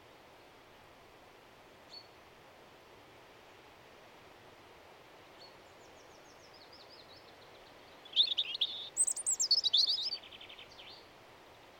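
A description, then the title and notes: Natural outdoor sounds: a steady, soft hiss fills the background while a bird gives faint single chirps near two and five seconds, then a thin trill. From about eight seconds a bird sings loud, bright, rapid phrases, trailing off into quieter twittering. Attended a Wildeye recording weekend in Northumberland. These are some of the sounds I recorded during a very enjoyable weekend with fellow field recording folk. Natural sounds.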